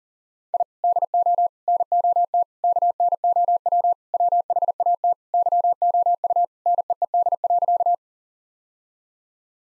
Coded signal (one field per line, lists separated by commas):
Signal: Morse code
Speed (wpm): 40 wpm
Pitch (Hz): 700 Hz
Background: none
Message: I DO NOT KNOW WHAT YOU NEED.